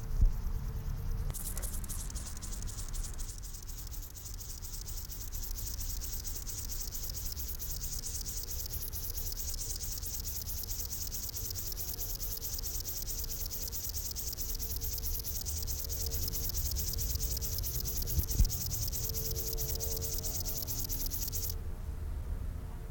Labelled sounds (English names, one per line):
Upland Field Grasshopper